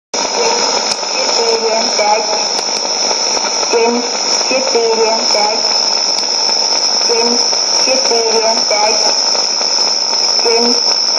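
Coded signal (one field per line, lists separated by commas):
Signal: numbers station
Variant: S06s, Russian female voice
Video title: 21 09 2016 Number station S06s Russian Lady to Eu 0742 on 12140 unknown tx site CUSB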